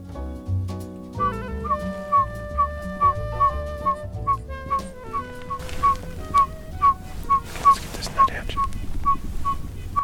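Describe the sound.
Pygmy owl giving a long series of short whistled toots at an even pitch, about two per second, over steady music-like tones.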